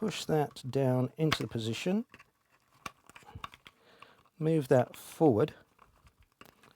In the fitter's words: just locks in place